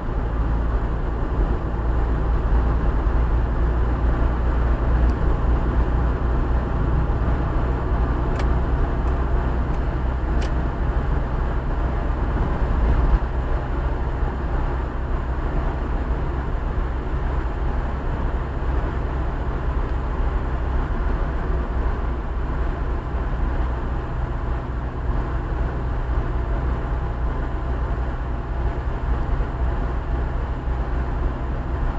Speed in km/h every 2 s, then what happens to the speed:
55, 57, 59, 59, 62, 62, 63, 63, 63, 64, 63, 62, 61, 61, 62, 61.
0-11 speeds up to 63. 11-32 steady at about 62.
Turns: none.